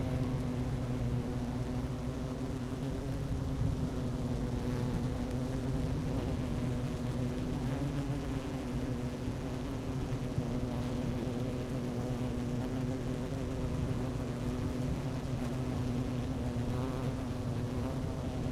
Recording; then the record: honeybee colony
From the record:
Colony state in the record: active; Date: 12 June 2018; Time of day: 11:48